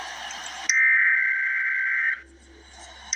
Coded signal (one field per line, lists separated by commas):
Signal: Emergency Alert System (SAME) tones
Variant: header bursts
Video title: EAS Update - Winter Storm Warning - Jan 24, 2026 at 8:48 PM EST